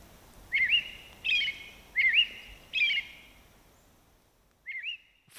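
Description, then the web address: American robin song of whistled phrases, roughly one every three-quarters of a second, with a brief gap before a final phrase. "soundandlightecologyteam"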